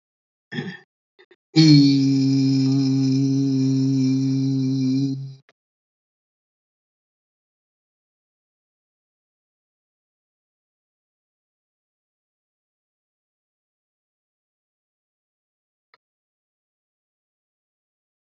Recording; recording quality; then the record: sustained vowel as in beet; excellent, no background noise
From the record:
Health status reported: healthy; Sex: male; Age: 36 years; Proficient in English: yes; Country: India